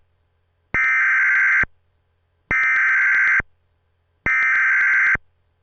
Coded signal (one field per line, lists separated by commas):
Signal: Emergency Alert System (SAME) tones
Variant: header bursts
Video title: EAS Mock: scares009 Corrupts EASyPLUS